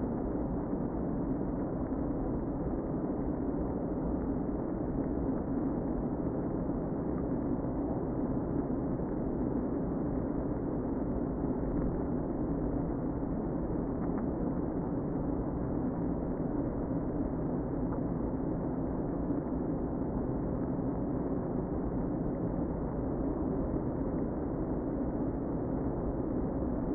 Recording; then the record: honeybee colony, microphone inside the hive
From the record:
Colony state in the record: queen present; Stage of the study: before two queens were removed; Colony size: about 60,000 bees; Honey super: yes